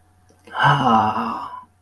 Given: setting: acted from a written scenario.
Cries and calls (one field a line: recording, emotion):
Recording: vocal sound without words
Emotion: sympathy